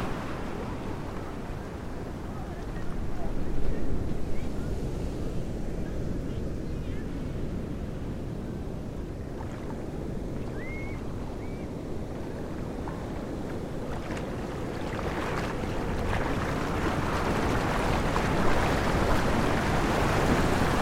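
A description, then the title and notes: High surf roars steadily, a dense low rumble that never lets up across the whole stretch. From about fifteen seconds the wash grows brighter and hissier as a wave breaks in. A couple of faint short chirps, likely birds, sound near eleven seconds. Platforms Beach. A beautiful indian summer afternoon. The surf was unusually high and the water very warm. Recorded using Sony PCM-M10, EM173 microphone capsules in Sonic Studios WHB with fur covers.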